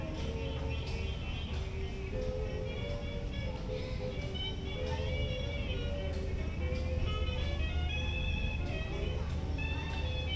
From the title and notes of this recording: Port Orleans Riverside Binaural Hotel Lobby Ambience. We spend our last few moments from our Walt Disney World trip inside our hotel, Port Orleans Riverside. The lobby, the gift shop and the port side just by the river.